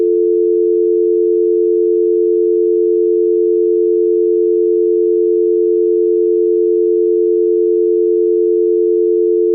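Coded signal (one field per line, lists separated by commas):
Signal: telephone call progress tone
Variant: North America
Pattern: dial tone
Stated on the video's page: Canadian dial tone A sound effect: 350 Hz and 440 Hz given simultaneously and continuously.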